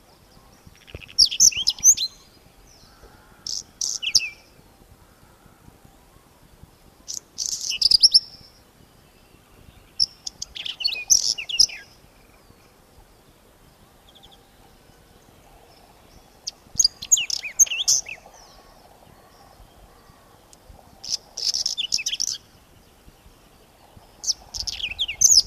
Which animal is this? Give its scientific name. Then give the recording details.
Saxicola rubetra. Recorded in the wild. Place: Walkweiher DKB, DE. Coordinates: 49.0544, 10.3258. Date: 1967-05-20. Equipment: Uher Report 4000, AKG D190. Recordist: Krey, Winfried